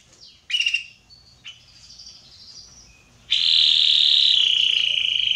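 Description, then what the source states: Canary song opening with sharp chirps and soft twitters, then breaking into a loud, sustained, rapid trill that runs to the end. Red Belgian canary singing.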